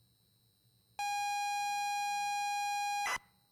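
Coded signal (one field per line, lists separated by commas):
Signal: ZX Spectrum tape loading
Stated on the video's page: Tape loading sound from the game Stories Untold.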